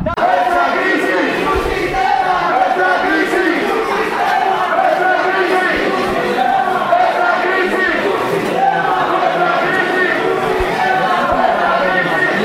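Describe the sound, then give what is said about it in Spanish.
A large crowd of demonstrators in Granada shouts chants in unison, such as "¡Nativa o extranjera! ¡La misma clase obrera!", a loud, continuous wall of voices with rhythmic swells and overlapping cries that never let up. “La manifestación ha seguido discurriendo con los gritos que habéis ido escuchando, y ahora vamos a parar en la plaza de Virrambla, donde uno de los compañeros de CNT-IT va a leer un comunicado.”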